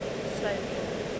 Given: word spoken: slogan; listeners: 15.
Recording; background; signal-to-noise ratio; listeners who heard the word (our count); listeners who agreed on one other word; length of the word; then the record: one English word in noise, from a listening test; speech-shaped noise; -4.7 dB; 0 of 15; 9 of 15; 0.80 s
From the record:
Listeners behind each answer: 9, 2, 1, 1, 1, 1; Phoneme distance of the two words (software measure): 27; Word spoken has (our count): 2 syllables, 6 phonemes, stress on syllable 1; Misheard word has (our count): 2 syllables, 5 phonemes, stress on syllable 1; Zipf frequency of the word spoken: 3.65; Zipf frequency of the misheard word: 4.57